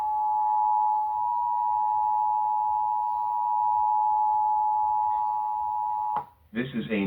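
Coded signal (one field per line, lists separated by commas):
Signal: Emergency Alert System (SAME) tones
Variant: 853 and 960 Hz attention tone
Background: speech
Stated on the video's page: Live North Carolina Amber Alert captured off the air on NCCHL.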